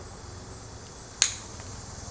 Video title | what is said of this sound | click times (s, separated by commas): How To Replace Camshaft Position Actuator Solenoid..Gm 2.0/2.2/2.4L Malibu,Cobalt,Terrain,Equinox | You'll hear it click in place. | 1.2 s